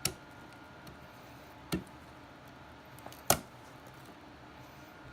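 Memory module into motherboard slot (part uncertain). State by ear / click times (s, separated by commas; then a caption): seated / 3.3 s. A component, likely a memory module, is pushed down into a motherboard slot until it locks into place. Over a low, steady background there are sharp ticks at about 0.1 s and 1.7 s. The loudest, crispest click at 3.3 s marks the part seating.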